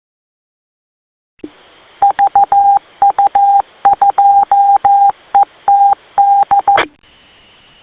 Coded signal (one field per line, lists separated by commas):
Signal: Morse code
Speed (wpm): 14 wpm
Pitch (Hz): 800 Hz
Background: none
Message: VU2ETD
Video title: Pune Hams - Condolence Meeting to pay respect & share memories of VU2AVG Late Avinash Gundale